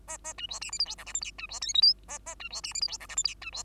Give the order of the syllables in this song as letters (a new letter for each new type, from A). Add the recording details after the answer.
A A B C D E F G H I J K B C L M N A A B C D E F G H I J K B C. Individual Bird2